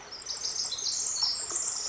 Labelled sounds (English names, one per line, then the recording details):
Pacific Wren
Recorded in Sonoma County, California